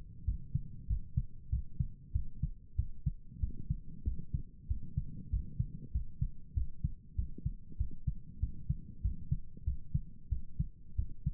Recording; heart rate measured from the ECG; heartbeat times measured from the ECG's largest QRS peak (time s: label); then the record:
heart sounds by stethoscope; 95 bpm
0.24 s: heartbeat
0.87 s: heartbeat
1.49 s: heartbeat
2.12 s: heartbeat
2.75 s: heartbeat
3.39 s: heartbeat
4.03 s: heartbeat
4.67 s: heartbeat
5.29 s: heartbeat
5.91 s: heartbeat
6.53 s: heartbeat
7.15 s: heartbeat
7.77 s: heartbeat
8.39 s: heartbeat
9.01 s: heartbeat
9.64 s: heartbeat
10.28 s: heartbeat
10.95 s: heartbeat
From the record:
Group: healthy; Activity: rest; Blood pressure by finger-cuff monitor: 100/68 mmHg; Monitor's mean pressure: 78 mmHg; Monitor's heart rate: 95 bpm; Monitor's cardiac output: 7.6 L/min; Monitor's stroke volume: 80 mL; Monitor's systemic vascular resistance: 730 dyn s/cm5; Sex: male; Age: 19 years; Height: 178 cm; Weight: 83 kg